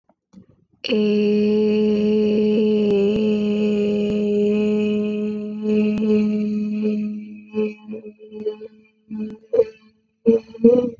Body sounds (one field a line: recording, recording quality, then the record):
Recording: sustained vowel as in made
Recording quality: excellent, no background noise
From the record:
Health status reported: COVID-19 positive, mild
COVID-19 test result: positive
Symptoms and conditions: fatigue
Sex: female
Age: 24 years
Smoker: not ticked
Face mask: not worn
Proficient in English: yes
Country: India